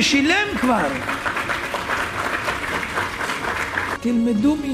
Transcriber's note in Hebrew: מחיאות כפיים